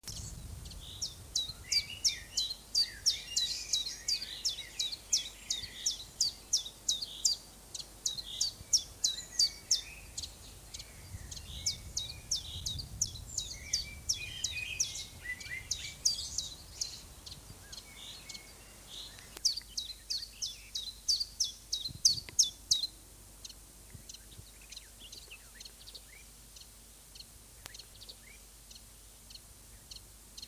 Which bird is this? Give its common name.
Common Chiffchaff